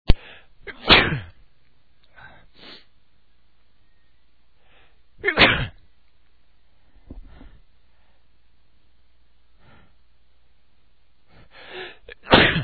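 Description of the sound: Three loud, sharp sneezelike sneeze bursts from a male voice, spaced several seconds apart, each with softer breathy sounds and brief intakes around them. These are imitated sneezes, not a real sneeze bout.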